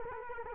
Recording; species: mosquito wingbeat signal from an infrared sensor; Culex quinquefasciatus